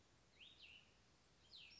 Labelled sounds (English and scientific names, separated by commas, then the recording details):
Cassin's Vireo (Vireo cassinii)
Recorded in Sonoma County, California